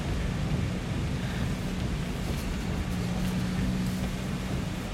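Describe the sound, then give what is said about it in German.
A storm roars without pause around a car driving slowly on a road: strong wind, nearly blowing the car off the road, and pouring rain blend into a dense, steady wash of noise over a deep, constant low rumble, with no voices. “Der Sturm ist so stark, dass er den Wagen fast an der Straße weht.”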